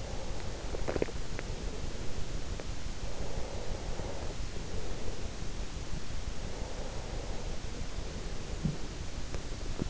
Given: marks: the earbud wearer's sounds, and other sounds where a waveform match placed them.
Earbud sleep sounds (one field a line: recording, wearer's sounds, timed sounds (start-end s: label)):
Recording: sounds in sleep by an in-ear microphone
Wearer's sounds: breath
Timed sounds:
0.00-2.56 s: breath
3.03-5.84 s: breath
6.60-9.25 s: breath